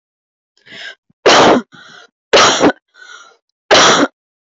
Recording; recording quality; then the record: heavy voluntary cough; excellent, no background noise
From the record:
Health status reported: healthy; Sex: female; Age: 31 years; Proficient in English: yes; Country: India